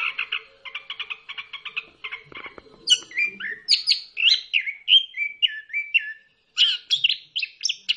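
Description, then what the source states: Bird song opening with a quick repeated stuttering note series, then clear whistled phrases that dip and slur. Bird chirping song meant for training pet birds.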